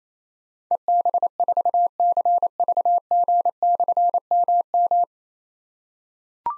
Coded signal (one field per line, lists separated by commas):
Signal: Morse code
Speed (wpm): 27 wpm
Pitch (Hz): 700 Hz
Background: none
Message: EB4CVG/MM